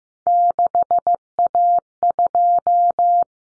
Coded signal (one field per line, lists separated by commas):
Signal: Morse code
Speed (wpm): 15 wpm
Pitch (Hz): 700 Hz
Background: none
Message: 6A2